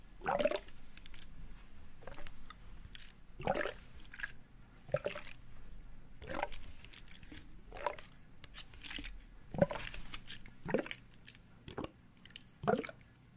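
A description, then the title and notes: Wet squishing sounds from a bath bomb come in short bursts about once every second, some crisp and bright, others softer. Between them a faint low hum and quiet watery crackle continue, and the squelches stay irregular in strength throughout. Bath bomb.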